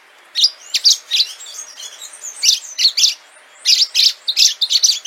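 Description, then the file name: Orange-fronted yellow finch song: steady run of high, twittering chirps and short slurred notes, repeated in quick groups with brief pauses. "canto do canario do amazonas"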